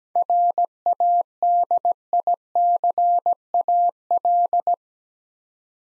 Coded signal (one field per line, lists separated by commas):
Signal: Morse code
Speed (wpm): 17 wpm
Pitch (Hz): 700 Hz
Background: none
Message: RADICAL